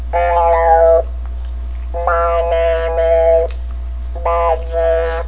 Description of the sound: Electrolarynx.